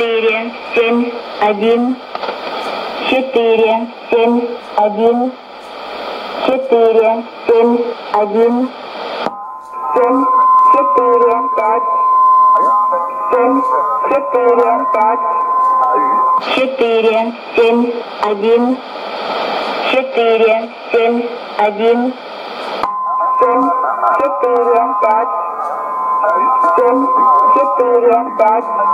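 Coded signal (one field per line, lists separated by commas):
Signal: numbers station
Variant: S06s, English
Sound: voice reading digit groups like seven one four, with a steady tone underneath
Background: radio static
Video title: 11 03 2015 Numbers station S06s 0830 on two frequency 9255 CUSB and 11854 CUSB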